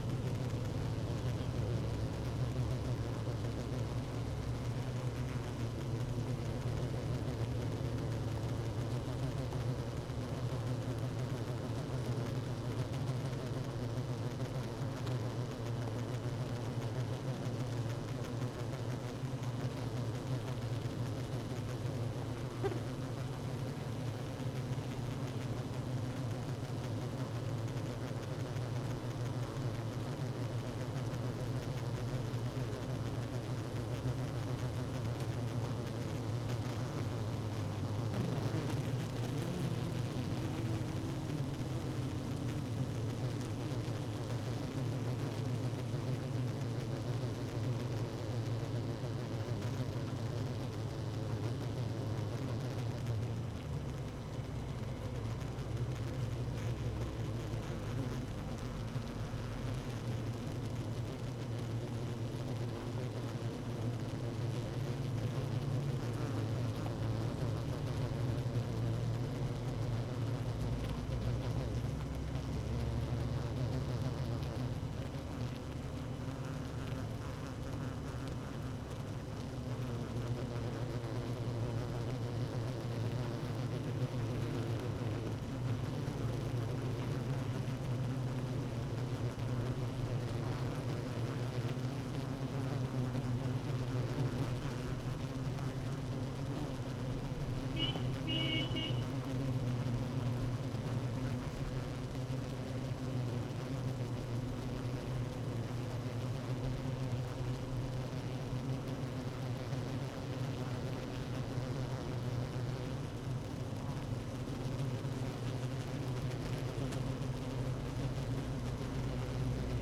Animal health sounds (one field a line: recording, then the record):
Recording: honeybee colony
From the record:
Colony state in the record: active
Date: 12 June 2018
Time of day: 16:46